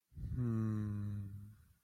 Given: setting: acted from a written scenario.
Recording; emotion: vocal sound without words; serenity